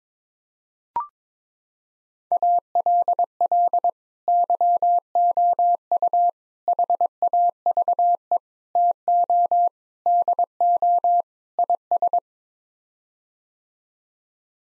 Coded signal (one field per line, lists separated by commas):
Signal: Morse code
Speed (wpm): 22 wpm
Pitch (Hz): 700 Hz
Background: none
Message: ALL YOU HAVE TO DO IS